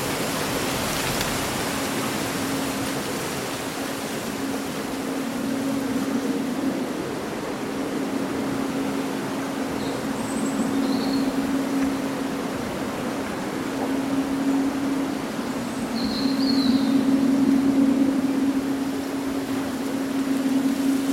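Summer wind rustles through leaves in a dense, steady wash of hiss that swells slightly around the middle and again near the end. A low continuous hum runs underneath throughout, and a few brief, faint bird chirps appear around ten and sixteen seconds.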